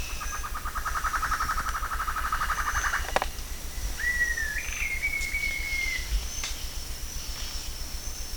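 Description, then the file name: Bird calling: a fast buzzy pulsed trill lasting about three seconds, then a clear whistled note that rises and holds steady, over a constant low hum. "SABIOD 50 bird 2015"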